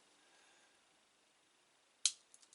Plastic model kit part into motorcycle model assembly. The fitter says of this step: on entend le clic c'est bon à l'éclipsé en est on ne doit plus y toucher l'eau